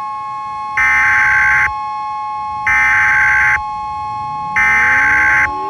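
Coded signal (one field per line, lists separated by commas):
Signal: Emergency Alert System (SAME) tones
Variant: header bursts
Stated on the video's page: Fictional EAS scenario for Independence Day, simulated, with very loud segments.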